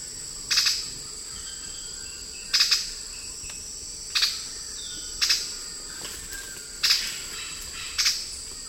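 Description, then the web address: Cinnamon-rumped foliage-gleaner giving sharp, dry clicking calls, single notes spaced one to two seconds apart, over a steady high insect drone. Recorded in the eastern lowlands of South America. "Natures Songs S America Eastern Lowlands. Cinnamon-rumped Foliage-gleaner"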